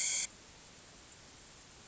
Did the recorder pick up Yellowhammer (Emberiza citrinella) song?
no